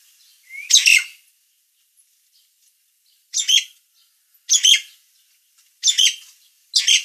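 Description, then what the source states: Nias hill myna giving loud harsh squawks, a rising whistle leading into the first, then after a pause of over two seconds four more bursts spaced about a second apart. Title describes the bird as gacor (singing vigorously and continuously) and its voice as noisy.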